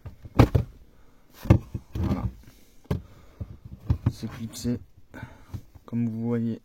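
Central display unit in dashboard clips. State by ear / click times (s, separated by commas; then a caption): released / 0.4 s, 1.5 s. The central display unit in a car dashboard is pulled straight out of its clip-in mount, held only by plastic clips. The clips let go with sharp snaps at 0.4 and 1.5 seconds, releasing the display, followed by further light clicks and handling. Someone talks, and a steady tonal hum rises near the end.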